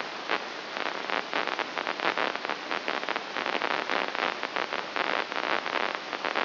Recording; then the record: brain microelectrode recording played as sound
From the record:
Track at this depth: inside the subthalamic nucleus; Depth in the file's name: 3.818 mm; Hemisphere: left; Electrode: 2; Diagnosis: Parkinson's disease